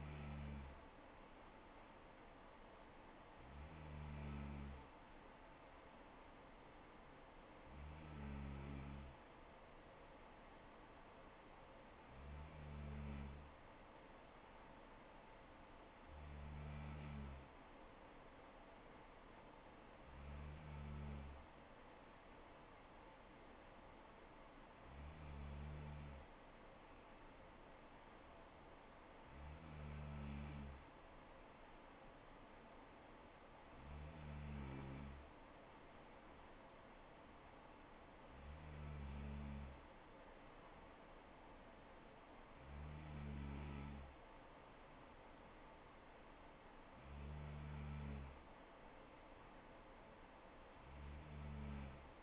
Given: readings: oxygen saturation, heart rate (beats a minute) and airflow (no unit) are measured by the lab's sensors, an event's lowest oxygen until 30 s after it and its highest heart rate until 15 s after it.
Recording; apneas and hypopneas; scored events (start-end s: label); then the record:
breathing in sleep by a voice recorder at the bedside; none
47.00-52.22 s: new sleep stage, N2 (light sleep)
From the record:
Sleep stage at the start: N3 (deep sleep); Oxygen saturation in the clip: 94 to 95%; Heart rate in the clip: 64 to 68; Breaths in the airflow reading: 12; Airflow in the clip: -3.5 to 2.9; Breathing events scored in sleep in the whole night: 79 in 6.3 hours asleep